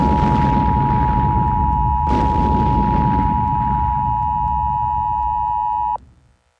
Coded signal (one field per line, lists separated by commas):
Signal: Emergency Alert System (SAME) tones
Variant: 853 and 960 Hz attention tone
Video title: Obliterated (EAS Scenario)